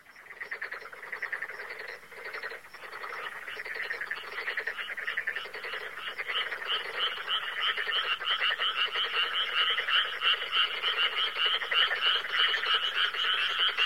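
Frogs calling in a thick chorus of quick rattling croaks that builds steadily louder throughout.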